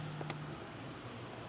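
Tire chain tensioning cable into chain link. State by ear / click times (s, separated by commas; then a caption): seated / 0.3 s. The tensioning cord of a steel Glacier cable tire chain, fitted on a 2023 Hyundai Santa Cruz, is fed through its channel, then pulled and wiggled onto the third link. A sharp metal click at 0.3 s marks the cord locking into place, followed by a fainter tick at 0.6 s over a low steady hum. The cable is seated on the link.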